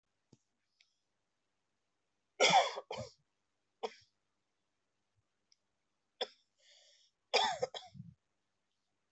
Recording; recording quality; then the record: heavy voluntary cough; excellent, no background noise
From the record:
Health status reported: exposed to COVID-19, no respiratory illness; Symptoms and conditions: cough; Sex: male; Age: 38 years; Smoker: yes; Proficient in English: yes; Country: India